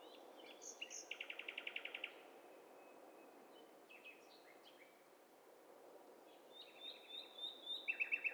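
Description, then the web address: Mixed birds calling over constant hiss. A fast dry trill of about ten notes is followed by scattered chirps and more rattling trills toward the end. Mixture of several birds calling together. "Hi Fi STEREO BIRD COCKTAIL PARTY Challenge SBCP TESTSET"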